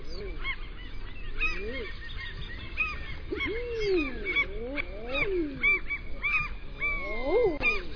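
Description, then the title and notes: Common eider calls, repeated swooping cooing notes that rise then fall, overlapping with busy higher-pitched calls. "Ærfugl by forskningno"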